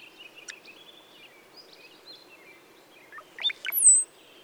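Brown-headed cowbird song: a few liquid gurgles followed by a piercing high whistle that slurs downward, with soft faint chatter before it.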